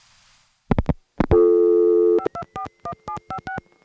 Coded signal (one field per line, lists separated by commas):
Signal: DTMF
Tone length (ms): 80 ms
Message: 5241756